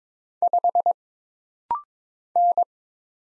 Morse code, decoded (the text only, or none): 5 N